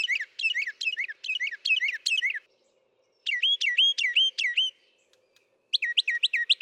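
Northern mockingbird song made of quick repeated two-part notes, a pause, then clear whistled phrases repeated several times, ending in another rapid series.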